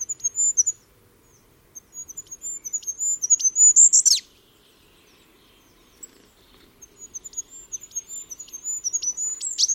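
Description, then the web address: Bird chirping in rapid bursts of thin, very high notes and sharp ticks, pausing for a couple of seconds midway before the chattering resumes. "birddata Deverinetal 2025"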